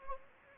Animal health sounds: mosquito wingbeat signal from an infrared sensor; Anopheles gambiae

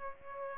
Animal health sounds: mosquito wingbeat signal from an infrared sensor; Aedes aegypti

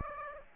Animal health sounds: mosquito wingbeat signal from an infrared sensor; Aedes aegypti

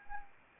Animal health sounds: mosquito wingbeat signal from an infrared sensor; Anopheles arabiensis

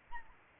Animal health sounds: mosquito wingbeat signal from an infrared sensor; Aedes albopictus

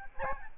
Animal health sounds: mosquito wingbeat signal from an infrared sensor; Aedes albopictus

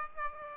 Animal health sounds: mosquito wingbeat signal from an infrared sensor; Aedes aegypti

